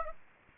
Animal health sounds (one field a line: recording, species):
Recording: mosquito wingbeat signal from an infrared sensor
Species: Aedes aegypti